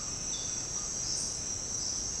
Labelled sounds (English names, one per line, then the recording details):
none
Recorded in secondary vegetation near Puerto Asís, Putumayo, Colombia, on 13 March 2025 at 07:00
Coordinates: 0.485, -76.322
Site G040